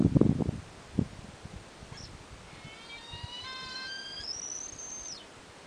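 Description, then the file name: Tahiti petrel call after low thumps and rustling: a long harmonic whistle stepping upward, then holding a thin high note about one second before dropping away. "Tahiti Petrel Pseudobulweria rostrata"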